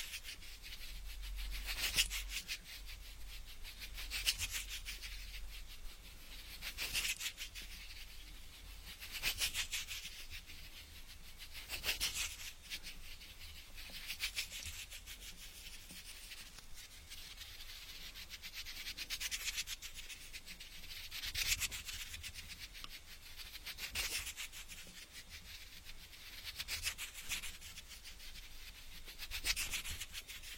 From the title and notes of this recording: Spa Healing Ear Picking Experience.